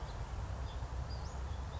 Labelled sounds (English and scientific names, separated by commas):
Western Flycatcher (Empidonax difficilis)